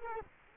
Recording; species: mosquito wingbeat signal from an infrared sensor; Culex quinquefasciatus